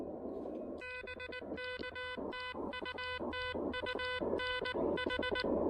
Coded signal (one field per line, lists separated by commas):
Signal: Morse code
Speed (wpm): 19 wpm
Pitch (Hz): 1500 Hz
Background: none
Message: BK TU TU NH